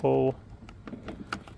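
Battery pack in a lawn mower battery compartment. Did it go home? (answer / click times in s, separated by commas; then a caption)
released / 1.3 s. Someone talks briefly, then pulls down on the latch of a Greenworks 40 V battery pack in a 16-inch lawn mower's battery bay, under the spring-loaded cover, and draws the plastic pack out. A series of small clicks and rattles follows, and the loudest click, at 1.3 s, is the latch letting go. The battery is released and pulled out.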